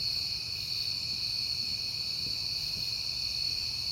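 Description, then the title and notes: Crickets keep up a continuous shrill chirping drone throughout, over a quiet low background hum. Crickets on a peaceful night in September. "Night Time: Crickets and Passing Cars. It is September and I have been hearing the crickets a lot"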